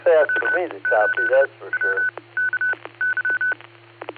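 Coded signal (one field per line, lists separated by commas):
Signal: Morse code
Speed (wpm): 33 wpm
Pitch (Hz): 1500 Hz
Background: speech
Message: W8WKY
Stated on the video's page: Net on the 147.39+ repeater with 114.8 PL, received on a Flex 6700 with a preamp and a Mosley 5/8 base antenna.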